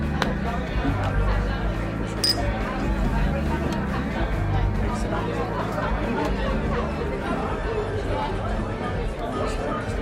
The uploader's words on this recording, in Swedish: Baren. En timme sorlande barljud.